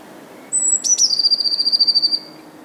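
Bird song: a thin, high whistled note, two sharp upward strokes, then a rapid trill of many evenly spaced notes.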